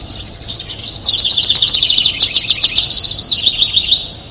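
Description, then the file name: House wren song: a rapid, bubbling jumble of high chattering notes, tumbling and slightly falling over about three seconds, with a steady low background hiss. "hwren"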